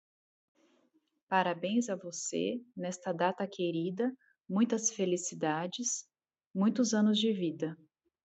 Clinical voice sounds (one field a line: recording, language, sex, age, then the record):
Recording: short text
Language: Brazilian Portuguese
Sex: female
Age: 40 to 49 years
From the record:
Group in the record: control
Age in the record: 40 years